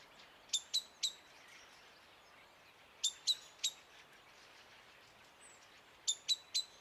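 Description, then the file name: Common blackbird sharp clicking calls, given in three quick bursts of three notes each, with a steady soft hiss in the background. "Turdus merula"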